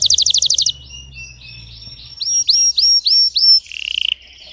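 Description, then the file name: Canary song opening with a quick rolling trill, then soft warbles and several loud falling whistled notes, ending in a lower buzzy trill; faint low hum underneath. Belgian canary, red frosted colour variety. "canto do canario belga vermelho nevado"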